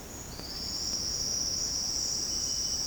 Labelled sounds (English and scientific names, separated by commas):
none